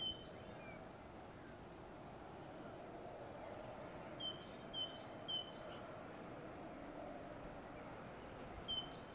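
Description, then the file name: Great tit giving clear whistled two-note phrases, a higher note dropping to a lower one, in short repeated bursts with pauses, over steady background noise. "Parus major"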